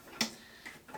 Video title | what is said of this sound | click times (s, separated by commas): How to make a Fridge-Freezer Slide // DIY metal drawer for your portable fridge | and locks into place again | 0.2 s